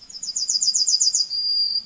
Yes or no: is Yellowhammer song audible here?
yes